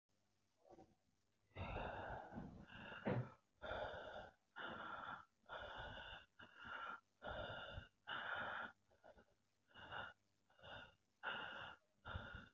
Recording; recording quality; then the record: shallow breathing; excellent, no background noise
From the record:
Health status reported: COVID-19 positive, mild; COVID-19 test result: positive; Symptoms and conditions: cough, sore throat, fever, pneumonia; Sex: male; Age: 32 years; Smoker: not ticked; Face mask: not worn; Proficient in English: yes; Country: India